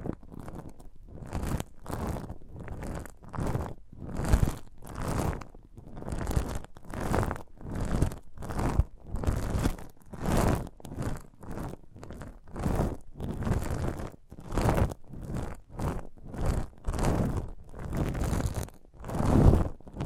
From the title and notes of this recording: ASMR of a Sprouted Coconut (No Talking).